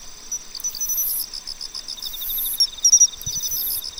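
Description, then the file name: Pine cricket chirps, short and clear, in a cluster over a continuous beaded trill, with drawn-out high insect hisses. "Matsumushi"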